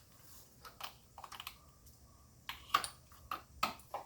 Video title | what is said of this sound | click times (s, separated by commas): 1985 Mercedes 300CD - Part 3 Zinc Plating Engine Compartment | And that's just going to snap into place. There we go. | 3.6 s